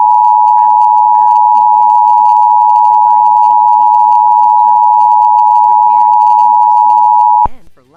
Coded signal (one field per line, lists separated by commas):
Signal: Emergency Alert System (SAME) tones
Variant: 853 and 960 Hz attention tone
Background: speech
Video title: EAS Mock #2: Fresno's Telephone Outage